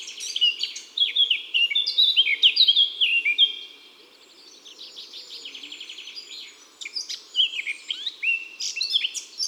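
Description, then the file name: Eurasian blackcap song: two bursts of rich, rapid warbling with clear whistles, separated by a softer, buzzy twittering passage. Song; woods and forests. "Fauvette a tete noire Chants doiseaux des bois et des forets"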